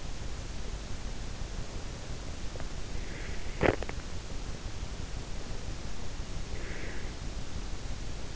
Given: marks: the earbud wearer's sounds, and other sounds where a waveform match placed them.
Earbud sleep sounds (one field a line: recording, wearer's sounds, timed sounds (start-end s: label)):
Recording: sounds in sleep by an in-ear microphone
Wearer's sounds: breath, teeth grinding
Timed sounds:
2.89-3.74 s: breath
3.44-3.95 s: teeth grinding
6.43-7.10 s: breath